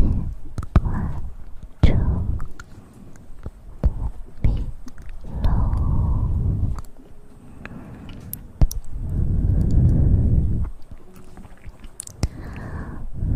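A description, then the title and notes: Mouth sounds: soft, low blowing and breathy pushes of air swell for a second or two at a time, strongest around 2, 5–7 and 9–11 seconds. Between them come sharp clicks and smacks at irregular moments, with quieter pauses in between. ASMR Best Mouth Sounds.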